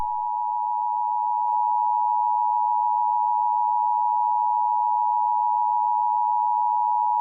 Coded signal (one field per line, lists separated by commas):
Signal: Emergency Alert System (SAME) tones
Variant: 853 and 960 Hz attention tone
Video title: EAS scenario 7: whitty’s explosion part 5 absolute rage